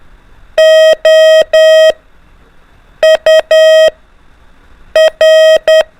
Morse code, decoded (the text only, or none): OUR